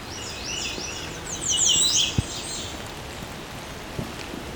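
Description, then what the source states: American Redstart singing a brief burst of high, thin, sharply slurred notes, with light dripping and rain-like patter underneath. Bird directly above the recordist in a spot very dense with American Redstarts; Carolinian forest in Dundas Valley below the Niagara Escarpment, Hamilton, Ontario; in rain.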